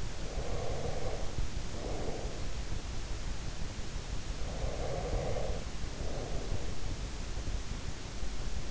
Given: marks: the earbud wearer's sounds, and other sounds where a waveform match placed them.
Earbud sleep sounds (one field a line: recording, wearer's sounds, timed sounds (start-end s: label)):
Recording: sounds in sleep by an in-ear microphone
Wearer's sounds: breath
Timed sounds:
0.00-2.60 s: breath
4.07-7.28 s: breath